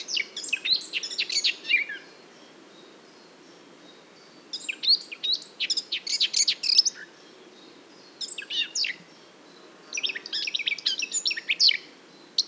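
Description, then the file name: Eurasian blackcap singing fast, jumbled warbling phrases of sharp high notes, repeated in bursts with short pauses between. "Sylvia atricapilla"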